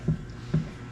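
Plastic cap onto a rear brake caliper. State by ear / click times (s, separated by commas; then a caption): not seated / none. While reassembling a rebuilt rear brake caliper on an MX-5 Miata, a plastic cap is pressed back onto the caliper, making two short, low handling thumps at about 0.1 and 0.5 seconds. The clip ends before the cap goes home, so nothing has seated or clicked yet.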